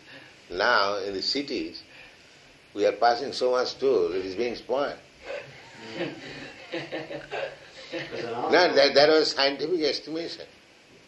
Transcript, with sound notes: Now in the cities, we are passing so much stool, it is being spoiled. [laughter] No, there was scientific estimation,